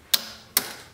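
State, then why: Seated. A metal choke plunger is pushed through the far bushing of a carburetor and sets, with its detents popping as they move. Two sharp, bright clicks are heard at 0.1 s and 0.6 s, each trailing off briefly. The plunger is seated.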